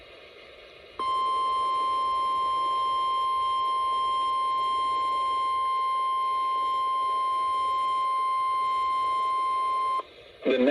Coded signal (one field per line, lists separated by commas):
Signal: Emergency Alert System (SAME) tones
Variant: 1050 Hz attention tone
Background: speech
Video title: Convective Handful 6: Final Alerts of 2024 - EAS Alerts from 12/31/24 || EAS 1,561-1,567